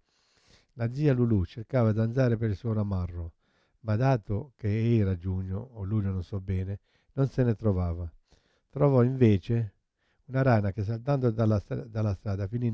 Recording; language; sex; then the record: read passage; Italian; male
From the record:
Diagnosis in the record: Parkinson's disease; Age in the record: 71 years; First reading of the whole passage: 50 s, 10.4 characters per second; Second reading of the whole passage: 45 s, 11.4 characters per second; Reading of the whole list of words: 37 s, 7.6 characters per second